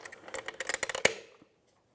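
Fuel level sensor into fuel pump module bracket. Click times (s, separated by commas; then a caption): 1.1 s. A new fuel level sensor for a 2000-2006 Chevrolet Tahoe is slid up into the groove on the fuel pump module bracket, making a run of light plastic rattles and ticks. A sharp click at 1.1 s marks it clicking into place, then the sound fades to silence. The sensor is seated in its groove and is tugged to check that it is secured.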